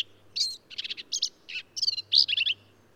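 Black-capped vireo delivering a rapid, jumbled series of scratchy, squeaky and chattering notes with hardly any pause.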